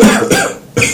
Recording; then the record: coughing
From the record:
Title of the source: Spring Cold Coughing.